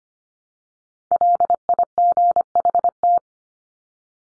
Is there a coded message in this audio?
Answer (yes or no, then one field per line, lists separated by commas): yes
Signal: Morse code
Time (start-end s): 1.1-3.2 s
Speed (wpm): 25 wpm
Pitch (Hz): 700 Hz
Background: none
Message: LIGHT